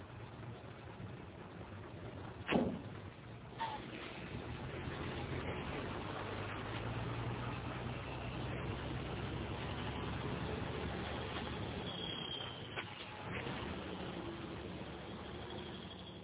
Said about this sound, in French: Dix minutes après, le camion passe devant un aéroport.